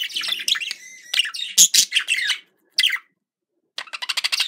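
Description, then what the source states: Budgerigar warbling chatter of buzzy chirps and a few clear whistled notes, a short gap, then a quick series of rhythmic clicking chirps. Described as a love sound.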